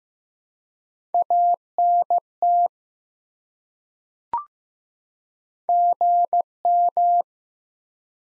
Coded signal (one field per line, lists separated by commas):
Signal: Morse code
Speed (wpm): 15 wpm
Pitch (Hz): 700 Hz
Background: none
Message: ANT GM